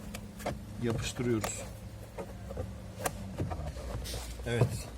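An interior trim piece is handled against a car interior panel during a comfort-set install on a Megane 4 Joy, with the glued trim being pressed toward place. Brief taps and handling knocks are heard while someone talks. Nothing has seated or clicked yet.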